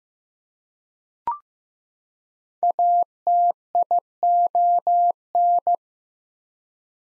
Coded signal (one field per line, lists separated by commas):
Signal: Morse code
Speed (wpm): 15 wpm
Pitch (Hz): 700 Hz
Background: none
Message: ATION